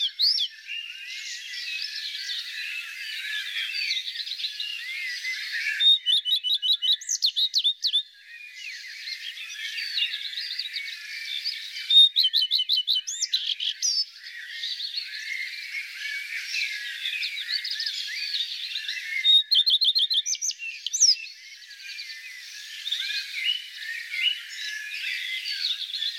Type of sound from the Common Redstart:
song